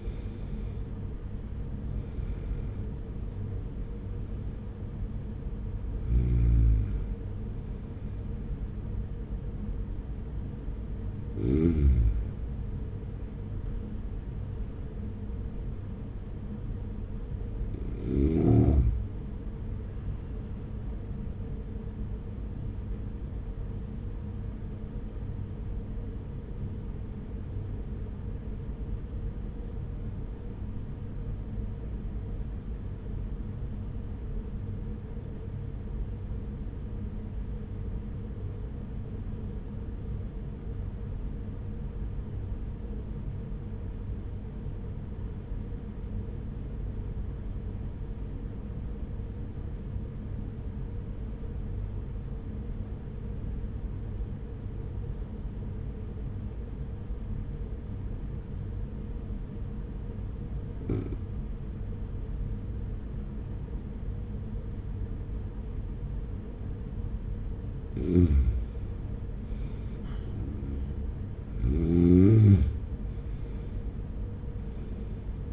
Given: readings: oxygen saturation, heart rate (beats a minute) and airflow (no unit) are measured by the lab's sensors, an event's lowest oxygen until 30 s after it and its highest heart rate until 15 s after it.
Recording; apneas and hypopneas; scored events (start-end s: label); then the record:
breathing in sleep by a smartphone at the bedside; 1
20.00-75.53 s: new sleep stage, REM sleep
24.00-70.30 s: hypopnea (REM, oxygen 96% highest, then 84% lowest, heart rate 47 at the start, 63 highest)
From the record:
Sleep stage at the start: N1 (lightest sleep); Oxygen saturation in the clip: 86 to 96%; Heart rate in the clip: 45 to 57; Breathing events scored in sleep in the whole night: 210 in 6.9 hours asleep